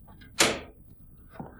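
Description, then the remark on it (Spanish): A room door sweeps open with a sudden bright, rushing burst that fades over a few tenths of a second, followed moments later by a softer, duller knock as it settles. “La puerta del cuarto se ha abierto.”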